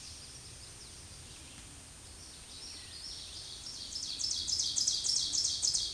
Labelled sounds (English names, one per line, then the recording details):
Ovenbird song
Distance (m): 15 m
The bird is about level with the microphone
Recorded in a Pennsylvania forest on 16 May 2024 at 07:05
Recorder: AudioMoth, point MSD-2083
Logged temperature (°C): 16.7 °C
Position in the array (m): 147 m, 6 m